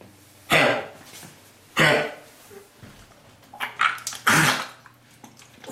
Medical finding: Kennel cough sound.